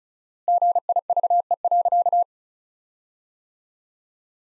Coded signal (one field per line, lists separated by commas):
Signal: Morse code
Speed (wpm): 36 wpm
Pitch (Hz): 700 Hz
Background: none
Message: GIVE.